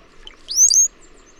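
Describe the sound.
Bird chirp: one thin, very high note that sweeps upward and then holds briefly, lasting under half a second, against quiet background hiss.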